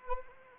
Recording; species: mosquito wingbeat signal from an infrared sensor; Anopheles arabiensis